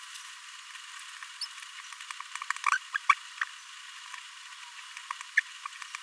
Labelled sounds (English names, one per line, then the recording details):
Green-rumped Parrotlet babbling
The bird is a male
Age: 26 days
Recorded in a nest box in Venezuela
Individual 17B42A3